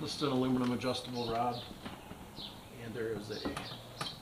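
Someone talks while handling an aluminum adjustable transducer rod that goes into a polymer plastic mounting base on the bow of a 1970 Starcraft 16' Super Sport boat. A brief sharp sound is heard near 4.0 s. The rod has not yet slid down and locked into the base; nothing has seated yet.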